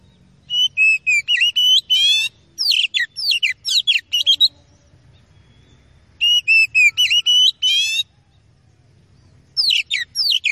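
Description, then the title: Oriental magpie-robin delivering several bursts of loud whistles, chatter and buzzy trills, with pauses between them. Training recording (masteran) meant to make an opposing kacer agitated and ready to fight quickly. "KACER NGOTOT FULL TEMBAKAN. MASTERAN KACER"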